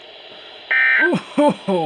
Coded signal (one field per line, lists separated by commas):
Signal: Emergency Alert System (SAME) tones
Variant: end-of-message bursts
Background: speech